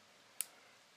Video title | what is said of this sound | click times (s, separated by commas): Kuch Purana Jaayaga To Naaya Aayaga .. Dji Osmo Action 3 | ये lock हो गया इस बार और आप देख सकते हैं कि ये आ गया अब हम इस रबर को ऐसे करते हुए फिक्स कर देंगे | 0.4 s